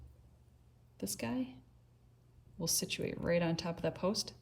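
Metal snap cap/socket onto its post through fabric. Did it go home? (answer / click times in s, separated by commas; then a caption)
no / none. A metal snap cap/socket is positioned over its post, which passes through the fabric of a pouch before setting, while someone talks in two stretches, around 1.0–1.6 s and from 2.5 s to the end. Nothing has seated or clicked yet.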